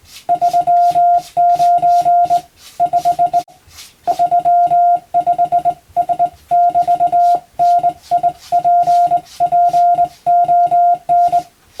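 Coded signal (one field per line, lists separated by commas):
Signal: Morse code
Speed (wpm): 20 wpm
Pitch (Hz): 700 Hz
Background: none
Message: 39 5 35 S<BT>NIPPON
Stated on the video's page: Morse code practice for the Japanese radiotelegraph operator exam.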